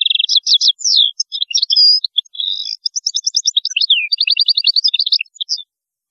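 European goldfinch delivering one continuous, rapid tinkling song full of varied chirps, buzzes and trills for over five seconds.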